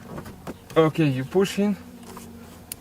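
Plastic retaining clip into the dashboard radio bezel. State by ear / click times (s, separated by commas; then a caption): seated / 2.7 s. Plastic retaining clips are pushed into the dashboard radio bezel while the radio surround is refitted on a Ford Fiesta MK7 ST. Someone talks over a low steady hum, with a soft tap at 0.5 s and a faint knock near 2.2 s. A sharp, loud, very short click at 2.7 s marks the dash trim clip seating in place.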